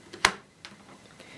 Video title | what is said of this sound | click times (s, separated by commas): Sebo Evolution 300 Commercial Vacuum Cleaner Unboxing, Assembly & First Look | Finally, to secure the cable to the machine, just make a loop and push it into the slot at the back of the handle until it clicks. | 0.2 s